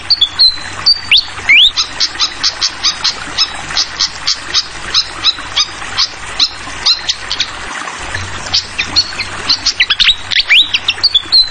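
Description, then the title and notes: Fantail whistling rising and flat notes, broken by rapid bursts of sharp chips, with running water hissing throughout. Masteran for tutoring songbirds: clear calls mixed with trickling water sounds; bird also called Sikatan Londo. "Masteran Sikatan Kipas Suara Jernih Dan Suara Gemericik Air. Suara Burung Sikatan Londo"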